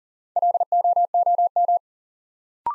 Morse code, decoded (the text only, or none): LOOM